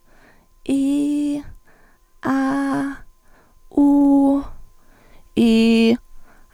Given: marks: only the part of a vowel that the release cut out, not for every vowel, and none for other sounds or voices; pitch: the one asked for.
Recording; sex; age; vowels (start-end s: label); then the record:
sustained vowels; female; 20 to 29 years
0.75-1.34 s: vowel /i/, high pitch
2.33-2.84 s: vowel /a/, high pitch
3.80-4.34 s: vowel /u/, high pitch
5.41-5.92 s: vowel /i/, low pitch
From the record:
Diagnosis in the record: healthy voice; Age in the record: 21 years